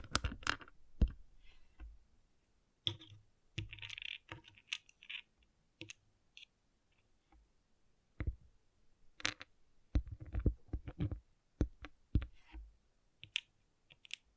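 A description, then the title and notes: Small plastic pixel art beads click and rattle in short, sharp bursts, some single taps and some quick clusters. The busiest stretches come near the start, around four seconds, and from nine to thirteen seconds, with nearly silent gaps between. ASMR Relaxing Pixel Art Beads ( No Talking).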